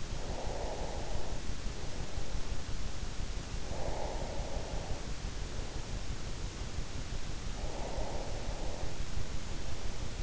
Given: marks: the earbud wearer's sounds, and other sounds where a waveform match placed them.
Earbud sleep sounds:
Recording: sounds in sleep by an in-ear microphone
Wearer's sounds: breath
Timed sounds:
0.00-2.86 s: breath
3.36-6.26 s: breath
7.45-10.23 s: breath

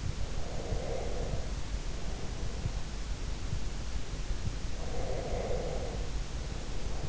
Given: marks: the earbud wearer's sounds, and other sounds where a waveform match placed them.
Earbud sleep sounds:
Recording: sounds in sleep by an in-ear microphone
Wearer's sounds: breath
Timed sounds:
0.27-2.58 s: breath
4.85-7.09 s: breath

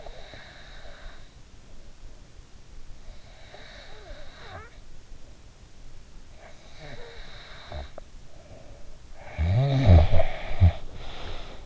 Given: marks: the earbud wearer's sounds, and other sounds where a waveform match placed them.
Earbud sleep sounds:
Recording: sounds in sleep by an in-ear microphone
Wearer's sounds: breath, snoring breath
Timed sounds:
0.00-2.87 s: breath
3.04-9.05 s: breath
9.21-11.66 s: snoring breath

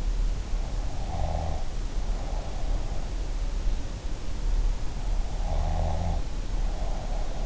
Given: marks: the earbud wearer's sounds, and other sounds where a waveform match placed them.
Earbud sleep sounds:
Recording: sounds in sleep by an in-ear microphone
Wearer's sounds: breath, snoring breath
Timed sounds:
1.10-2.85 s: breath
5.40-7.46 s: snoring breath

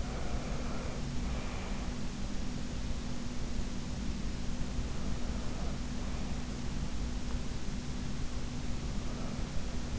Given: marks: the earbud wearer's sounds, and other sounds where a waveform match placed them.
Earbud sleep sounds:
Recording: sounds in sleep by an in-ear microphone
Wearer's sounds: breath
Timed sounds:
0.00-1.97 s: breath

